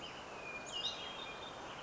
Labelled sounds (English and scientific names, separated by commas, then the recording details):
Hermit Thrush (Catharus guttatus)
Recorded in Sonoma County, California